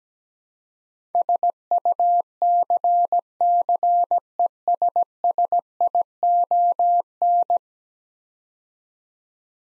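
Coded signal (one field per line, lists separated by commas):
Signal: Morse code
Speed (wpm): 17 wpm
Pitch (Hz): 700 Hz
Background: none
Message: SUCCESSION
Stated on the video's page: Morse practice of 10-letter words at 17 wpm, each word sent twice in Morse around spoken prompts.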